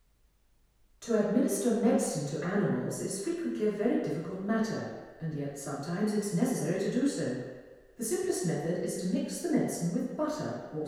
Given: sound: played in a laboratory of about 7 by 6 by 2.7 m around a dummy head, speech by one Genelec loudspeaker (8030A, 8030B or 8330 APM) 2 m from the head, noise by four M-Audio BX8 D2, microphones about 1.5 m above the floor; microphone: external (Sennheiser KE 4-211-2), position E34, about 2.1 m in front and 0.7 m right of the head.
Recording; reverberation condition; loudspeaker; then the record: female speech in English; high; 150 degrees to the right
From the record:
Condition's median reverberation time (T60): about 1300 ms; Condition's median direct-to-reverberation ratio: about -4.0 dB